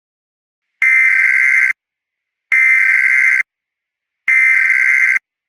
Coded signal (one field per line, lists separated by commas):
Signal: Emergency Alert System (SAME) tones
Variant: header bursts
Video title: (RARE) EAS Remake: Tornado Emergency in Marshall County, IL! (06/11/26)